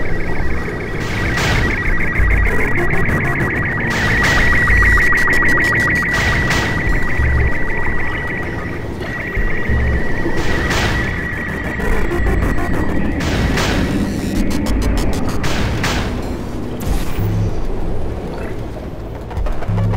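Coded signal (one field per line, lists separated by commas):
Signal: SSTV (slow-scan television)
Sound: steady high whistle broken by rapid regular clicks, with harsh noisy bursts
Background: intermittent noise bursts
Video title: Portal 2 Final Transmission SSTV decoded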